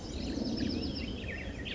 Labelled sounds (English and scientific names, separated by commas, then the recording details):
Bewick's Wren (Thryomanes bewickii)
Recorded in Sonoma County, California